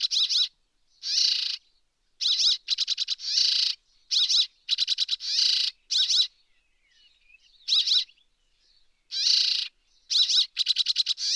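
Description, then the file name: Rock sparrow chattering steadily: alternating rasping buzzes and fast stuttered rattles, repeated roughly every second, with brief soft twittering in a lull. Subspecies brevirostris; recorded at Erdenesant, Mongolia, 23 May 2013. "130523 crsparr-brevirostris-1-S mng erdenesant"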